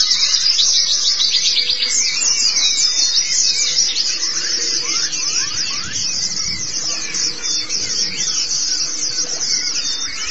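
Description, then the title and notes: White-eye song: energetic, high chattering twitter of quick chirps and descending slurs, with softer lower notes beneath. "Kicauan Burung Pleci Durasi Panjang. Suara kicauan burung pleci"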